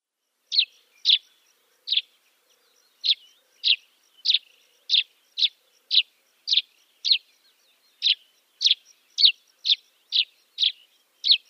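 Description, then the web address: Dead Sea sparrow song: a long run of short, bright chirps repeated at a steady pace with brief pauses, over a faint steady high tone. "Schulze Peter Dead Sea Sparrow song"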